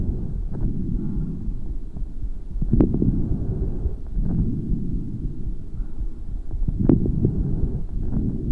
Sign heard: Coarse crackles.